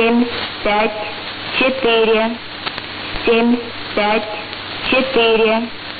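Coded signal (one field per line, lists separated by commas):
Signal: numbers station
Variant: S06s, Russian female voice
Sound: a woman's voice reading short, evenly spaced words, likely numbers, over noisy radio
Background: radio static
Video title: 16 07 2019 S06s Russian Lady numbers station in Russian to Eu 1110 on 7560 unknown tx site USB+AM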